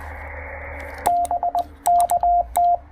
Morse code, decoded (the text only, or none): BK T